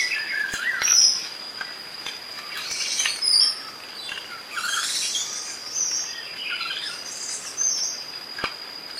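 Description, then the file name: Black-capped becard singing brief whistled notes and short phrases in scattered bursts, with a steady high insect hum, higher chirps and occasional sharp clicks throughout. "Canto do caneleirinho de chapeu preto"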